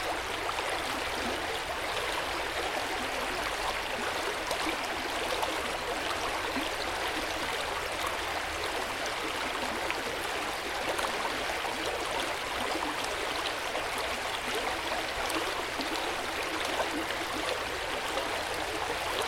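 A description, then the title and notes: Rushing waterfall water pours steadily and densely, a constant bright hiss with close splashing detail and little low rumble, unchanging throughout. Waterfall Bliss With Soothing Water Sounds & A Magical River's Melody. Crystal-clear water trickles down moss-covered rocks.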